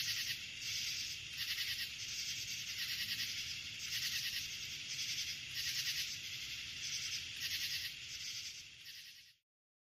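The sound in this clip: Crickets trill in many quick, high-pitched pulsed bursts over a constant shrill drone before the sound cuts off abruptly near the end.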